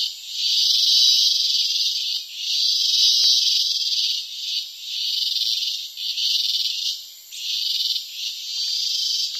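Cicada song: an intense high-pitched drone in long sustained stretches broken by brief dips, with faint clicks in the background.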